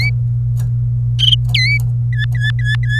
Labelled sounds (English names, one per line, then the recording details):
Domestic Canary song
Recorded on 27 April 2018 at 10:04
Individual llb3